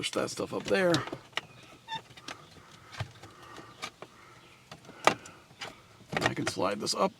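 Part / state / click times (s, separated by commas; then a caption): plastic trim cover into the windshield-area headliner trim of a pickup truck / not seated / none. Someone talks while a plastic interior trim cover is slid up around a FITCAMX 4K dash cam mount near the windshield and headliner trim of a 2022-2026 Toyota Tundra pickup truck, with short plastic taps and handling knocks around 1.4, 2.3, 5.1 and 6.2 to 6.5 seconds. The cover has not seated or clicked into place yet.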